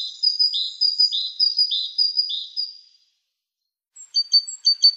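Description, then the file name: Great tit song: a clear two-note phrase, high then falling lower, repeated about five times, then a few sharp thin notes after a short gap. "BOGATKA"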